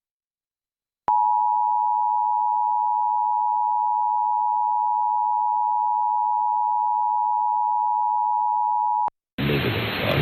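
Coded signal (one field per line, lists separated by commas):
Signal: Emergency Alert System (SAME) tones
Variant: 853 and 960 Hz attention tone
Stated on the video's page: EAS alert aired during a local television broadcast.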